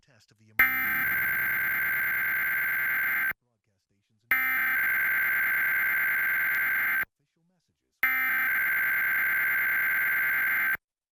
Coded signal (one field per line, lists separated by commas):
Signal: Emergency Alert System (SAME) tones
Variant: header bursts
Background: speech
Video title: Tests and warnings... (EAS Capture #65-75)